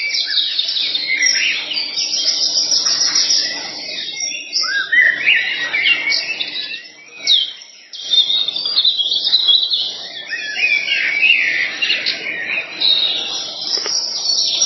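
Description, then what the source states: Bird chorus, many birds singing together in a dense, continuous mix of chirps, trills and whistles, dipping briefly about halfway through. Birds singing in a forest in the evening.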